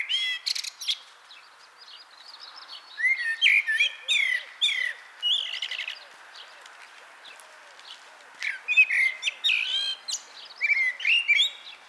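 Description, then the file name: Common blackbird song, bursts of fluted whistles and shrill squeaky flourishes with short pauses between them, while faint low notes repeat quietly underneath. "Turdus merula"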